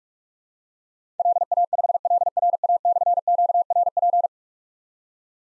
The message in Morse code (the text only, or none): LA5LRA/QRP